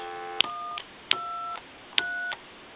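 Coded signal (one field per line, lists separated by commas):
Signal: DTMF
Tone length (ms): 280 ms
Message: 123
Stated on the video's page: DTMF from a repaired original-model Mickey Mouse telephone during final checkout.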